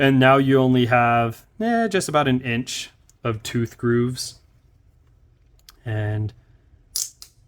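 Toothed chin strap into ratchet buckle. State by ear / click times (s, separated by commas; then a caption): seated / 7.0 s. A toothed chin strap on an ILM-902 motorcycle helmet, given a gross adjustment so only about an inch of tooth grooves remains, is pushed into its ratchet buckle while someone talks. A sharp click at 7.0 s is followed by a few quick ticks, and the ratchet snaps into place, seated.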